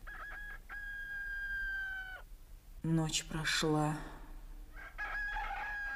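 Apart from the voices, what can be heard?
roosters crowing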